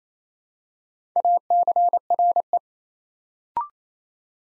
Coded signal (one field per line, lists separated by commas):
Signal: Morse code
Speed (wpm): 27 wpm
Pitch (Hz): 700 Hz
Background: none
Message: ACRE